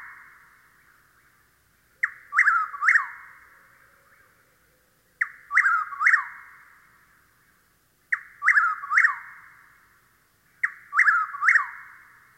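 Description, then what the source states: Chuck-will's-widow singing its three-note whistled phrase four times, each phrase starting with a brief lead note and ending in two strong slurred whistles, spaced a few seconds apart. Nighttime song; sandy pine woods of the southeast; song easily confused with the whip-poor-will's.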